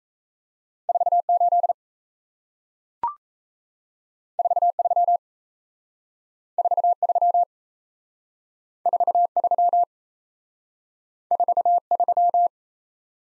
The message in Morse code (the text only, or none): 4 8 4 3 4 3 4 3 4 3